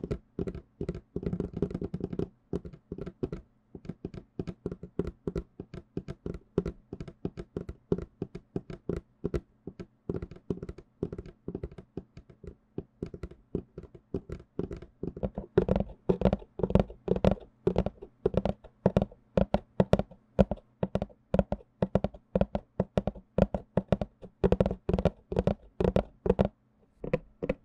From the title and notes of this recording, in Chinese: 紙杯. 紙盒.紙容器觸發。Tapping Cardboard Cups。NO Talking。